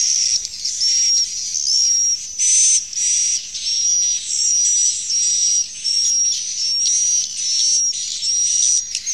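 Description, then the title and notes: Swiftlet calls given as repeated hissy buzzes, each carrying a thin high whistled tone, about eighty per minute in an uneven rhythm. Used in swiftlet farming in Asia. "Swiflet Bird Sound. Farming Swiflet Bird asia sound"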